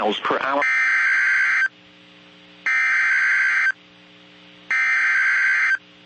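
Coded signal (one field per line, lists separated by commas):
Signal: Emergency Alert System (SAME) tones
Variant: header bursts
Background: speech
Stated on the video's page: PDS severe thunderstorm warning on NOAA Weather Radio station KEC56.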